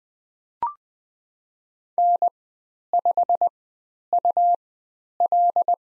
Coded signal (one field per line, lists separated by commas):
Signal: Morse code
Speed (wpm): 20 wpm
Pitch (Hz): 700 Hz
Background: none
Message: N5UL